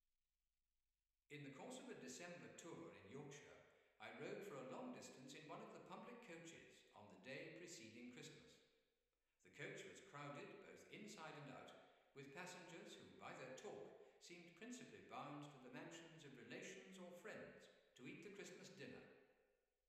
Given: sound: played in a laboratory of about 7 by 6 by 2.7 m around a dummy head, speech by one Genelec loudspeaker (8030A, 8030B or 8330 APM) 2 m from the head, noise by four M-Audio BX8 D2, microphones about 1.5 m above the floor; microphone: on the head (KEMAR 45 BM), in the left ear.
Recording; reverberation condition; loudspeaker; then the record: male speech in English; high; 90 degrees to the left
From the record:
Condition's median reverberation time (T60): about 1300 ms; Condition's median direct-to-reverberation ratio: about -4.0 dB